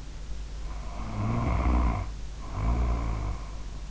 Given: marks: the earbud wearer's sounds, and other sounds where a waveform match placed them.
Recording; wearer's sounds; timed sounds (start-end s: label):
sounds in sleep by an in-ear microphone; snoring breath
0.73-3.90 s: snoring breath